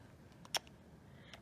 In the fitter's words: just kind of wiggle and tug and it snaps right in so you heard that